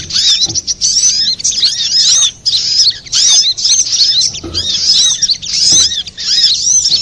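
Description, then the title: Little spiderhunter singing energetic phrases of piercing, fast twittering, separated by brief silences, with faint low bumps. Master recording for training cage birds; Indonesian name sogok ontong, labelled Labaik. "Masteran Burung Sogok Ontong Labaik"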